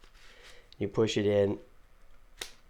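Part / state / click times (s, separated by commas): flight battery into foldable drone body / seated / 2.4 s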